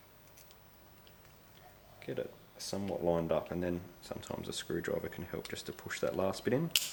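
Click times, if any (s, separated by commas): none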